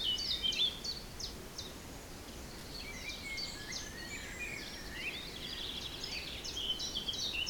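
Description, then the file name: Birds singing: quick repeated high notes, short trills and twittering phrases, with a steady breezy hiss in the background. Forest in spring, windy (3 Beaufort), recorded at 1 pm. "Forest Spring Birds Windy 3 bft 1 pm"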